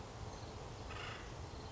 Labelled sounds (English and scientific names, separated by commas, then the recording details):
Acorn Woodpecker (Melanerpes formicivorus)
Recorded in Sonoma County, California